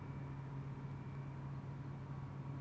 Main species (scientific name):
Anas platyrhynchos